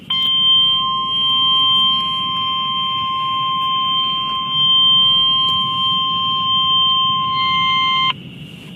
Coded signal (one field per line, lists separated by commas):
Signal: Emergency Alert System (SAME) tones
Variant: 1050 Hz attention tone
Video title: Another Network Notification Message! 3/19/2021 EAS #540